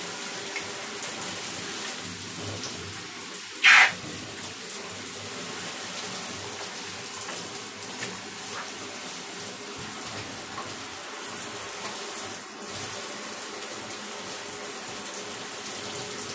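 Water runs steadily throughout, a dense hiss like a shower or open tap filling the whole clip. Just before four seconds a short, loud splash or burst cuts through, and a fainter bump follows around twelve seconds.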